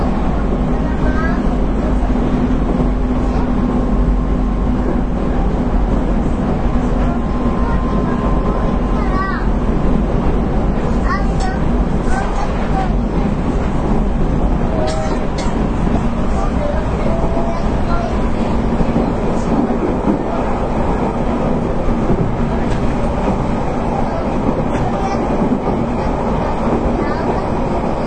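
Inside a local train on the Nippou line, a steady low rumble and hum fills all 28 seconds at an even level. A faint tone holds underneath, while brief clicks and rattles surface now and then, with a few murmured voices in the background.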